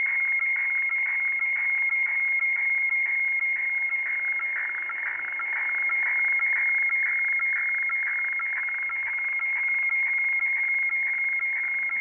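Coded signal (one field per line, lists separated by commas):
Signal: weather fax (radiofax)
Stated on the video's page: Boston weather fax received on an XHDATA D808 with 3 kHz bandwidth, picked up acoustically without a cable by an Android tablet app.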